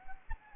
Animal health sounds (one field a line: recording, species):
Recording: mosquito wingbeat signal from an infrared sensor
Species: Anopheles arabiensis